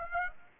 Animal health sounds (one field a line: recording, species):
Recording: mosquito wingbeat signal from an infrared sensor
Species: Aedes aegypti